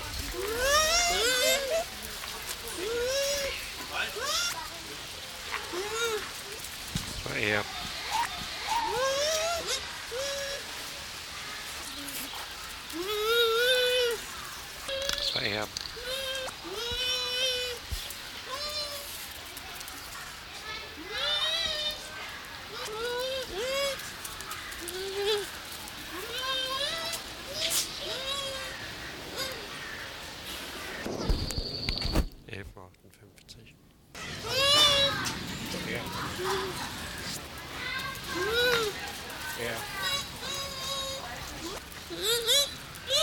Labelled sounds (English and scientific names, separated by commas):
Bush Dog (Speothos venaticus)